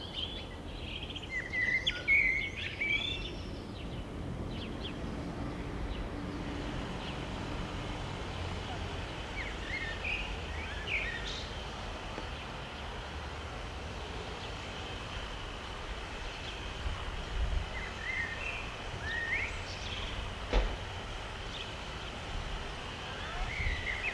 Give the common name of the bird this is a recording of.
Common Blackbird